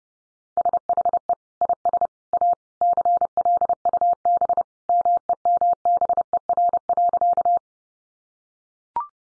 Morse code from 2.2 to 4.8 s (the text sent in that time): A CLUB